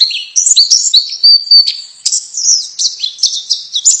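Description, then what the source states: White-eye with a lively series of high, sweet chirps and slurred whistles, including one longer steady note, delivered in quick irregular bursts. Female bird; Indonesian name pleci.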